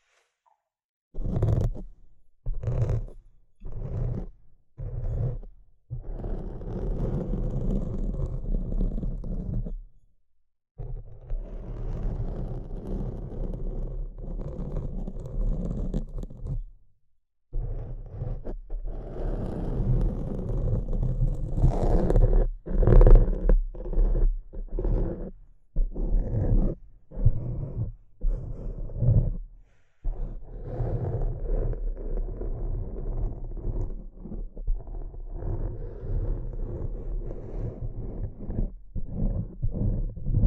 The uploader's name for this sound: Tapping & Scratching